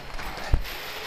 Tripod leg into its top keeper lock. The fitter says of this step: And what's kind of nice is this thing has a keeper at the top, so as you come out, they lock into place, so these things won't collapse back down on themselves.